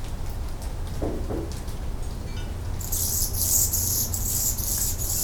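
Hummingbird squeaky song starting about halfway through, rapid high-pitched chips repeated in short bursts after a quiet opening with faint low sounds.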